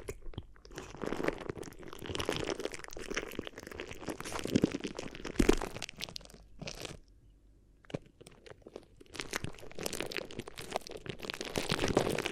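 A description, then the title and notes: Crinkly ear massage: dense, scratchy crinkling and crunching rubs continue almost without pause, with sharp crackles scattered throughout. A near-silent gap falls around seven to eight seconds, then the crumpling returns and builds louder toward the end. ASMR Addictive Crinkly Ear Massage (No Talking).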